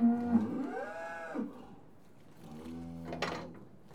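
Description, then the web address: Cattle mooing: a loud, drawn-out low moo that bends upward then falls, followed by a softer second moo and a brief noisy burst near the end. Cattle in a yard, TB tested. "BBC Sound Effects Library BBC 35-Livestock. Cattle TB Tested In Yard"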